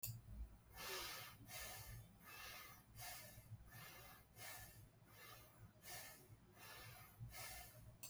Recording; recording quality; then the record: shallow breathing; excellent, no background noise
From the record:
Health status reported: healthy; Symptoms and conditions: none ticked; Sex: male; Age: 35 years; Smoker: not ticked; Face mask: not worn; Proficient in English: yes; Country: India